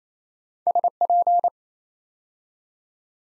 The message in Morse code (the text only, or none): SP